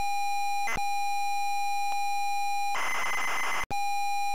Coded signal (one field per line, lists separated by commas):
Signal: ZX Spectrum tape loading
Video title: ZX SPECTRUM Loading Cosmic Cruiser 1984 Imagine Software Ltd.